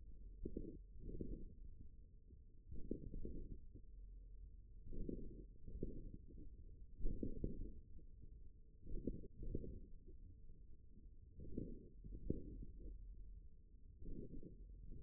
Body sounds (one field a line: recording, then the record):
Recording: forearm muscle sounds (acoustic myography)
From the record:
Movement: hand closing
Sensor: system 1, eight BSWA MPA416 microphones around the upper forearm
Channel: 3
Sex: male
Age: 41 years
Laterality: right